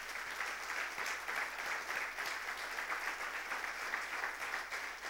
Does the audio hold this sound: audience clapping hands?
yes